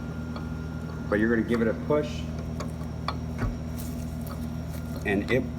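A removable part is handled at the back of the freezing cylinder of a Taylor 430 soft-serve ice cream machine while someone talks, with a few faint ticks and knocks in the background. The part is being fitted, turned a little and pushed, but it has not locked or clicked into place yet.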